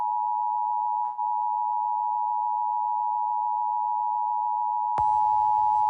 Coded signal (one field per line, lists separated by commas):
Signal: Emergency Alert System (SAME) tones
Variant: 853 and 960 Hz attention tone